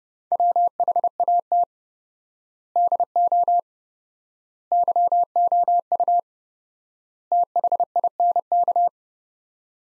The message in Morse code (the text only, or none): WHAT DO YOU THINK